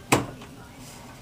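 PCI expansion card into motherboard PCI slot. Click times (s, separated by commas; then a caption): 0.1 s. A PCI expansion card is pushed by hand into a motherboard PCI slot, giving a single sharp click or thud at 0.1 s that fades quickly into a quiet background. The card is seated in the slot.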